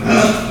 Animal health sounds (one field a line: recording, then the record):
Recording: squeal of a Yucatan mini pig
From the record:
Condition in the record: after surgery on the right vocal fold (resection and tissue-engineered implant)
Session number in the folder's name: 12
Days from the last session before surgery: 105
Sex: female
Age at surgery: 19 weeks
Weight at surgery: 25 kg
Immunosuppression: prednisolone